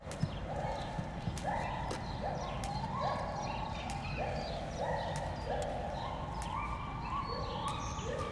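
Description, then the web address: White-handed gibbon song: a steady series of many rising hooted notes over a low rumble with scattered sharp clicks. Song from the monkey house at Debrecen Zoo, Hungary, 2012. "allathangok debrecenizoo 2012 feherkezugibbon enekamajomhazbol"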